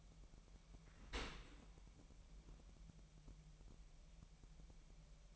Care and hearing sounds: daily activity, microphone in the room; open dishwasher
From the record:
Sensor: 1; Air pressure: 998.3 hPa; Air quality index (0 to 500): 140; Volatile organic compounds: 4 ppm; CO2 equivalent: 1670 ppm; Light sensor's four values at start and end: 16/54/22/22 and 16/54/22/22

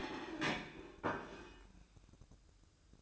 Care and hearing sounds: daily activity, microphone in the room; place plate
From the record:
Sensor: 2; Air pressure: 1007.4 hPa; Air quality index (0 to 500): 42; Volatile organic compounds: 1 ppm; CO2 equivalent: 547 ppm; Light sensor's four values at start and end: 6/15/6/6 and 6/15/6/6

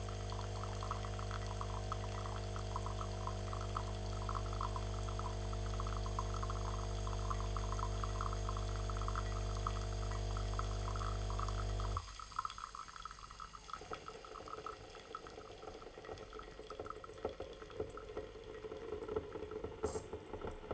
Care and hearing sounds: daily activity, microphone in the room; make coffee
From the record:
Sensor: 4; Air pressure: 1010.2 hPa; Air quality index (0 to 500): 179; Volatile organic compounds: 5 ppm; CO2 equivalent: 1813 ppm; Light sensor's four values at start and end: 25/75/29/29 and 27/80/31/31

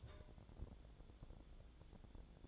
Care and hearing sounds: daily activity, microphone in the room; take from stove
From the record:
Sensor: 5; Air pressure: 1000.1 hPa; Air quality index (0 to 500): 96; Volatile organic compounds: 1 ppm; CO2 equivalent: 783 ppm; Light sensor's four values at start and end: 281/647/285/320 and 280/649/284/320

